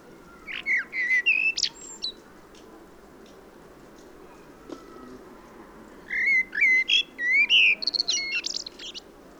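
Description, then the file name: Common blackbird singing two fluty warbled phrases, each ending in thin squeaky twitters, separated by about four seconds of quiet background. "Turdus merula"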